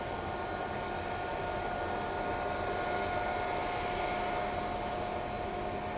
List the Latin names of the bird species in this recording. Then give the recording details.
none. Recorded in shrubland near Pivijay, Magdalena, Colombia, on 16 April 2023 at 21:30. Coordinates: 10.453, -74.365. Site P5-G022